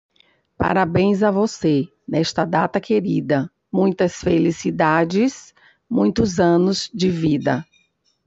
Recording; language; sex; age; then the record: short text; Brazilian Portuguese; female; 50 to 59 years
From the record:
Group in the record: control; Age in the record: 57 years